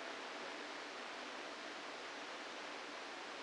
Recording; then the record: brain microelectrode recording played as sound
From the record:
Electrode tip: inside the subthalamic nucleus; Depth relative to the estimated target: 0 mm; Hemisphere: left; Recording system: NeuroSet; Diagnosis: Parkinson's disease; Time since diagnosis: 8 years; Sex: male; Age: 65 years